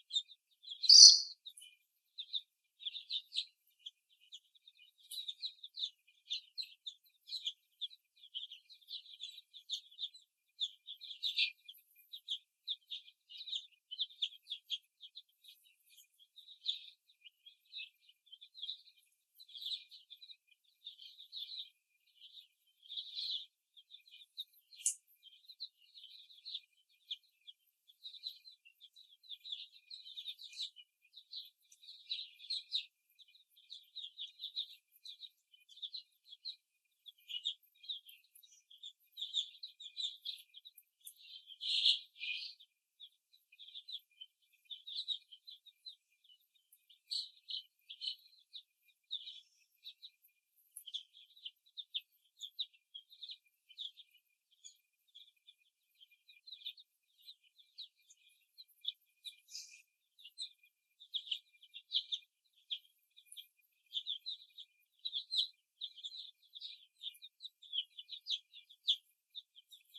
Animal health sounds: young laying hens in a cage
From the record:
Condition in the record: before the stressor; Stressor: simulated dog barking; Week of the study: 1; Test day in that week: 2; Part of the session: 3

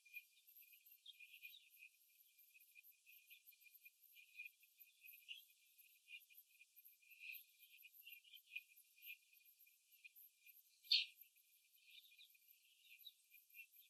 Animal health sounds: young laying hens in a cage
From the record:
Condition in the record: after the stressor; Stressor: simulated dog barking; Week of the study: 3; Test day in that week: 2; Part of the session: 2

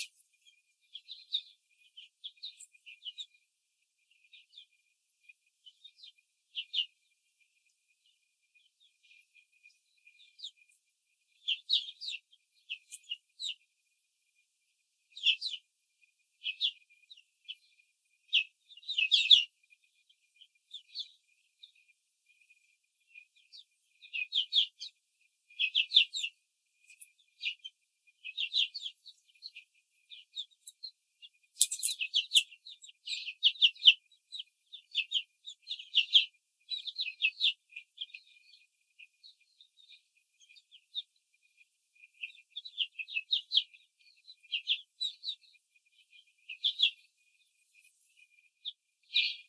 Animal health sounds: young laying hens in a cage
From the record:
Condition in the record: control cage, before the stress test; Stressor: none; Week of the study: 4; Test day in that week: 3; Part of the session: 4

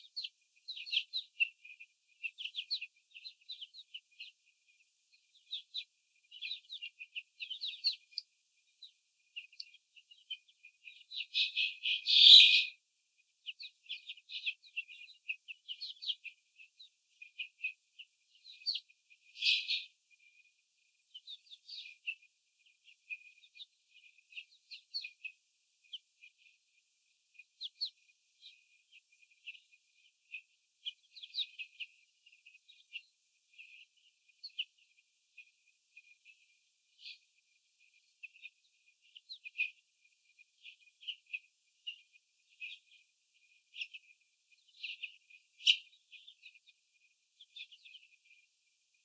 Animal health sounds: young laying hens in a cage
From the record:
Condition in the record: after the stressor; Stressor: sudden umbrella opening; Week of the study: 3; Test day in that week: 2

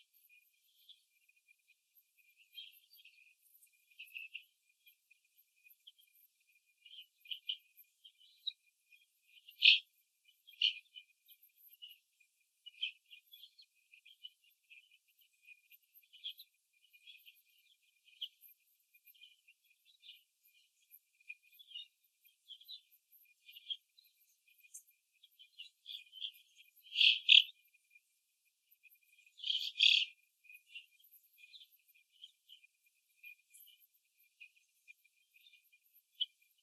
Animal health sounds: young laying hens in a cage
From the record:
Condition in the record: after the stressor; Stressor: simulated dog barking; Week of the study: 2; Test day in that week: 3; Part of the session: 1

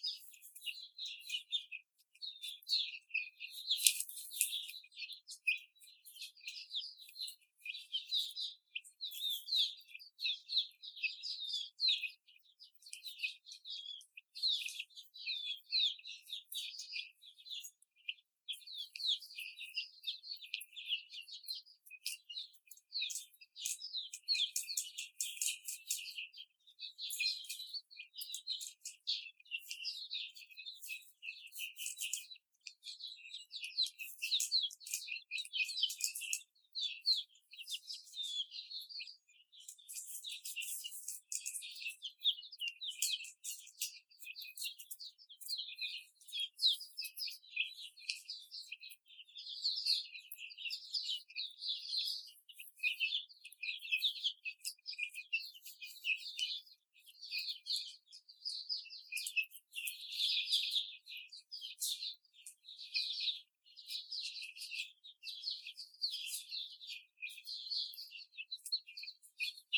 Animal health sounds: young laying hens in a cage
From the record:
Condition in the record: before the stressor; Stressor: simulated dog barking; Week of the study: 4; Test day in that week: 2

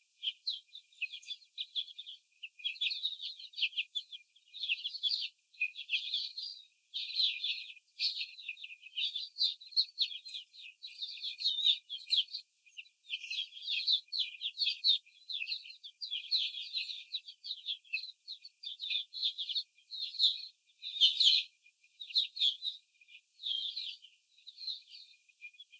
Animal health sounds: young laying hens in a cage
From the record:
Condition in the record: after the stressor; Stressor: simulated dog barking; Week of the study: 4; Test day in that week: 3

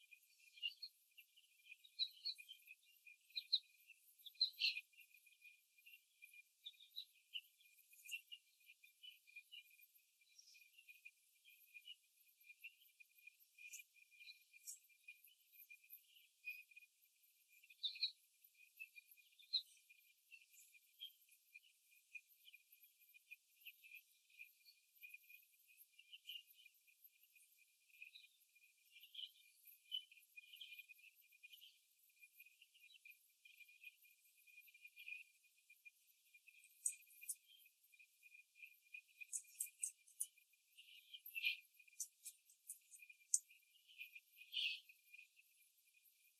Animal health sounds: young laying hens in a cage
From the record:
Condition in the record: after the stressor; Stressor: simulated dog barking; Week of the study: 3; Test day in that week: 1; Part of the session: 4

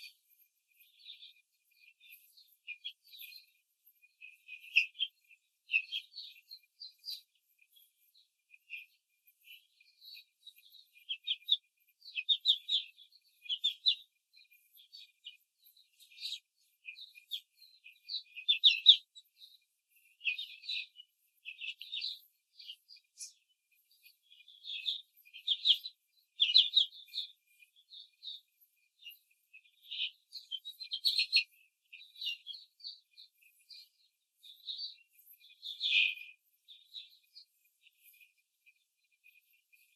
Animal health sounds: young laying hens in a cage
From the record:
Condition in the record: control cage, after the stress test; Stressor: none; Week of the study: 4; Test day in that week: 1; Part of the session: 3

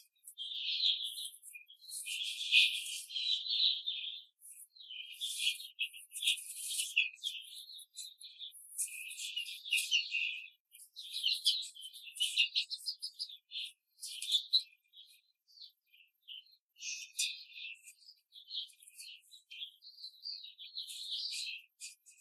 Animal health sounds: young laying hens in a cage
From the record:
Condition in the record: control cage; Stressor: none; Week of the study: 5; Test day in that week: 1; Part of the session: 1

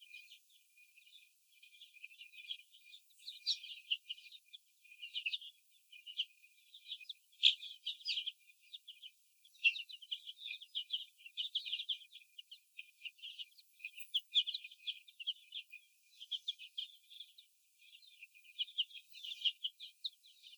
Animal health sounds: young laying hens in a cage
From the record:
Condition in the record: before the stressor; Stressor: sudden umbrella opening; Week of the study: 2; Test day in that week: 1

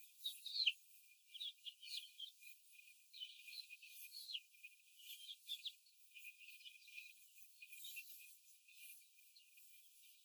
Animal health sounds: young laying hens in a cage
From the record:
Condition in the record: before the stressor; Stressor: simulated dog barking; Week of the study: 4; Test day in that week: 1

